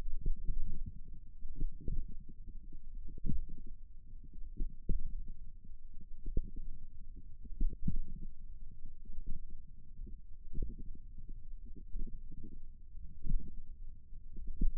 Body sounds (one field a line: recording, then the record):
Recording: forearm muscle sounds (acoustic myography)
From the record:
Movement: tripod grip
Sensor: system 1, eight BSWA MPA416 microphones around the upper forearm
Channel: 8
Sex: female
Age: 21 years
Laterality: right